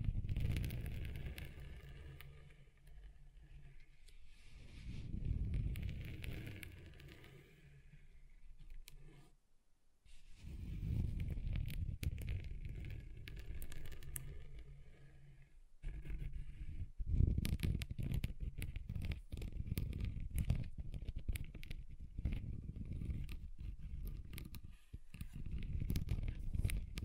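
A table scratched across different surfaces makes low grinding rumbles with crackly bright scrapes, pausing briefly near 9 and 16 seconds.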